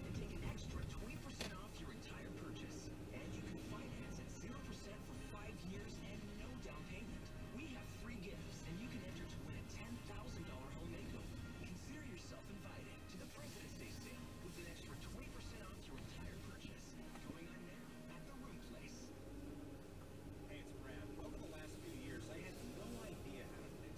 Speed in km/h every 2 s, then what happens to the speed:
18, 21, 19, 18, 19, 13, 10, 10, 5, 8, 13, 18.
0-8 steady at about 19. 8-17 slows to 5. 17-24 speeds up to 18.